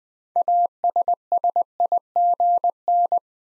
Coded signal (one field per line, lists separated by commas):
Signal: Morse code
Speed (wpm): 20 wpm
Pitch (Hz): 700 Hz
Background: none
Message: ASSIGN